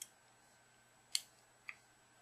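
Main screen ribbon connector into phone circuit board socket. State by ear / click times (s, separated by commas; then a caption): not seated / none. While reassembling a Samsung GT-S7560 phone during a touch screen digitizer replacement, the main screen ribbon cable connector is handled near its socket on the circuit board. Three short, sharp ticks occur at about 0.0, 1.2 and 1.7 seconds against a quiet background. Nothing has seated or clicked into place yet.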